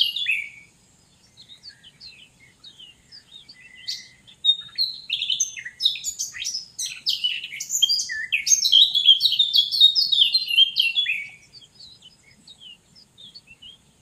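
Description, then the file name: Eurasian blackcap song starting with soft scattered notes, building into a long loud warble of rapid twittering and whistled notes, then dropping to quiet notes. "Sylvia atricapilla"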